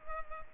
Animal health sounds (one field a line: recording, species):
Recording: mosquito wingbeat signal from an infrared sensor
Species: Culex pipiens